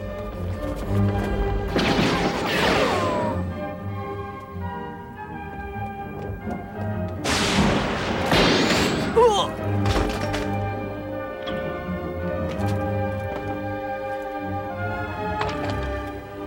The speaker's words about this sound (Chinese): 啊，是爆炸吗？这里。